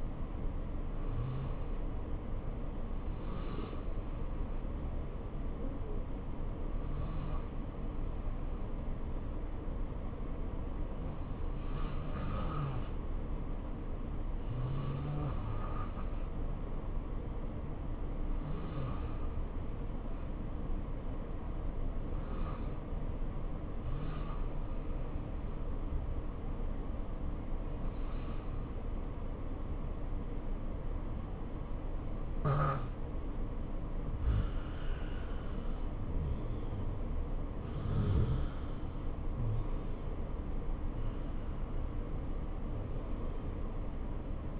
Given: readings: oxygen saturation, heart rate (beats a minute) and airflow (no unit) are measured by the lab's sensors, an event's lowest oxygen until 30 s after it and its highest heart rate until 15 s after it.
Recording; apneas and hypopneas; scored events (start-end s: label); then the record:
breathing in sleep by a smartphone at the bedside; 1
6.00-34.80 s: hypopnea (N2, oxygen 94% highest, then 88% lowest, heart rate 65 at the start, 70 highest)
From the record:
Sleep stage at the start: N2 (light sleep); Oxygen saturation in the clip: 88 to 94%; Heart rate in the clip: 62 to 70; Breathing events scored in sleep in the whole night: 277 in 7.4 hours asleep